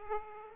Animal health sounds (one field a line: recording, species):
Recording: mosquito wingbeat signal from an infrared sensor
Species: Aedes aegypti